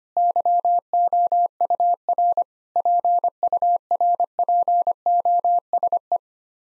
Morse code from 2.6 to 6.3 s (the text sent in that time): PURPOSE